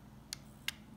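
A press-fit drip tip on the top cap of a 40 mm rebuildable tank is opened by hand, giving two short, bright clicks at 0.3 s and 0.7 s over a quiet low hum. It clicks into its open position, unlike the 30 mm version, which moves freely.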